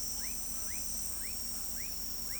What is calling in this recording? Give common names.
none